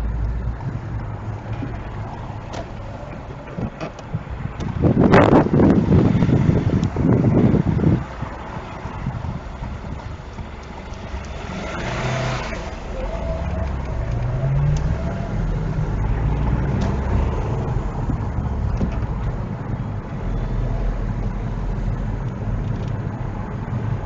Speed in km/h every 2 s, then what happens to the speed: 6, 0, 0, 0, 0, 0, 0, 15, 24, 23, 24, 24.
0-2 slows to 0. 2-12 standing. 12-15 pulls away to 24. 15-24 steady at about 24.